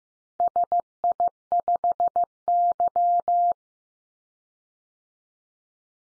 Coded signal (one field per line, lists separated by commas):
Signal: Morse code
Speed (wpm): 15 wpm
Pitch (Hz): 700 Hz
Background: none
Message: SI5Y